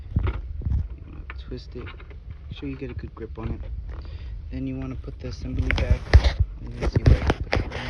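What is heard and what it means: Someone talks while handling the plastic headlight assembly of a 2012 Chevy Impala after a bulb change, getting ready to push it back into its mounting on the car's front body, with scattered short handling knocks and taps under the talking and a sharper tap near the end. Nothing has seated or clicked yet.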